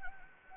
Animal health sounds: mosquito wingbeat signal from an infrared sensor; Anopheles gambiae

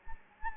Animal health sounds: mosquito wingbeat signal from an infrared sensor; Anopheles gambiae

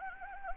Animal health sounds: mosquito wingbeat signal from an infrared sensor; Anopheles gambiae

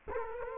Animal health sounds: mosquito wingbeat signal from an infrared sensor; Culex quinquefasciatus

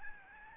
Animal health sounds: mosquito wingbeat signal from an infrared sensor; Aedes albopictus

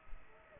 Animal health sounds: mosquito wingbeat signal from an infrared sensor; Aedes aegypti

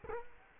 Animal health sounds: mosquito wingbeat signal from an infrared sensor; Culex quinquefasciatus

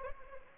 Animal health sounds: mosquito wingbeat signal from an infrared sensor; Anopheles arabiensis

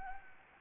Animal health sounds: mosquito wingbeat signal from an infrared sensor; Anopheles gambiae

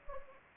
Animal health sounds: mosquito wingbeat signal from an infrared sensor; Anopheles gambiae

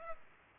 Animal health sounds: mosquito wingbeat signal from an infrared sensor; Culex pipiens

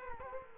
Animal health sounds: mosquito wingbeat signal from an infrared sensor; Culex quinquefasciatus

